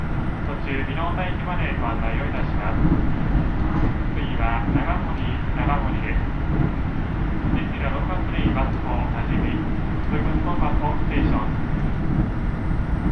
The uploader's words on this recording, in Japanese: 高山本線 岐阜→美濃太田（キハ75）。車両はキハ75系で快速みえ号にも使われています。